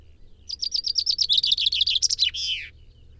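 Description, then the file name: Common chaffinch song: a rapid run of several chirped notes that speed up and drop slightly in pitch, ending in a short flourish; quiet low hum underneath. "Fringilla coelebs"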